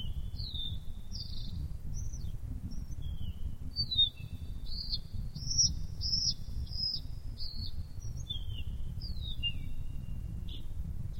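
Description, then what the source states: Bird song of short whistled notes and slurred chirps, some rising and some falling, given in an irregular string over a steady low rumble. Masteran, a song-tutoring track for birds.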